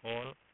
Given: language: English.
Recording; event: throat vibration sensor signal played as sound; speech